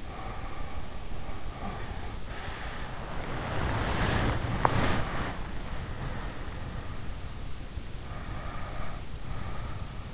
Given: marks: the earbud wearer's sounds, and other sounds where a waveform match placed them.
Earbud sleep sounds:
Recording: sounds in sleep by an in-ear microphone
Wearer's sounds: breath, body movement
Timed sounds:
0.00-2.27 s: breath
2.37-7.18 s: body movement
2.46-4.51 s: breath
7.93-10.14 s: breath

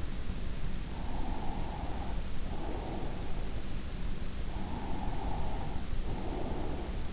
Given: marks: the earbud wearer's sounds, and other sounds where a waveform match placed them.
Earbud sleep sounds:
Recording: sounds in sleep by an in-ear microphone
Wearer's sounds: breath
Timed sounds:
0.96-3.66 s: breath
4.52-7.03 s: breath

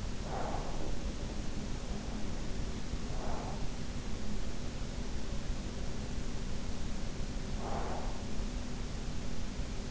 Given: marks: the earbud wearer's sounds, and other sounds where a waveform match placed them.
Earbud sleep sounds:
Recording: sounds in sleep by an in-ear microphone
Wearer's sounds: breath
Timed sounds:
0.00-1.20 s: breath
7.46-8.66 s: breath

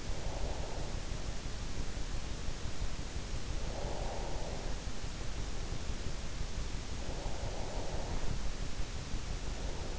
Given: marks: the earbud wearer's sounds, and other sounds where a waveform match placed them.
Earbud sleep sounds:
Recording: sounds in sleep by an in-ear microphone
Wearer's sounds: breath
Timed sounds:
0.00-1.19 s: breath
3.45-4.88 s: breath
6.98-8.66 s: breath

